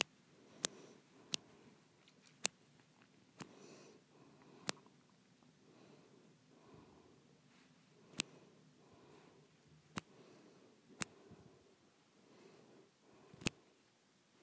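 Soft, sharp snaps cut through at irregular intervals, about ten over fourteen seconds, each a brief bright click. Between them runs quiet, low breathing and faint rustling, rising and falling in gentle waves without ever getting loud.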